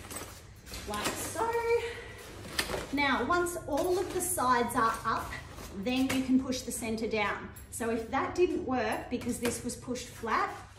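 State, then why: Seated. A woman talks while lifting the top side rail of a folding Kmart portacot (travel crib) until its hinged rail joint locks straight before the centre is pushed down. A sharp click at 2.6 s marks the rail lock seating into place.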